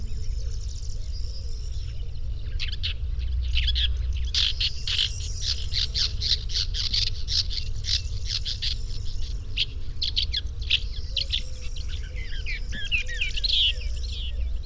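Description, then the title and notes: Bird song of fast, bright chirps and warbled phrases, starting after about two seconds and then running continuously over a constant low-frequency hum. Bird chirping, used for training pet birds. "Suara Kicauan Burung untuk memaster burung kesayangan"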